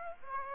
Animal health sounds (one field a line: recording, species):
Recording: mosquito wingbeat signal from an infrared sensor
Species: Aedes aegypti